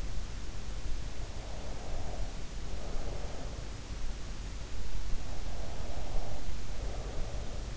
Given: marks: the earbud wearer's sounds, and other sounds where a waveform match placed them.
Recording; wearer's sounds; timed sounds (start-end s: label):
sounds in sleep by an in-ear microphone; breath
1.51-3.65 s: breath
5.73-7.77 s: breath